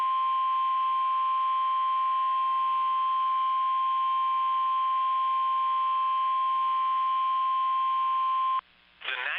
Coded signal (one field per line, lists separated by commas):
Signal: Emergency Alert System (SAME) tones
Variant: 1050 Hz attention tone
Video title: OKLAHOMA TROUBLE | EAS Alerts from April 19th, 2023 (EAS #2325-2341)